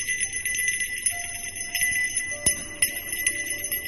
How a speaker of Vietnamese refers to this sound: Loáng thoáng bên tai đã vang lên tiếng chuông lắc.